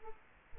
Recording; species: mosquito wingbeat signal from an infrared sensor; Aedes aegypti